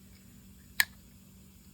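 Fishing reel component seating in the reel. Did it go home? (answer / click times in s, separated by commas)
yes / 0.8 s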